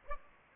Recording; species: mosquito wingbeat signal from an infrared sensor; Aedes albopictus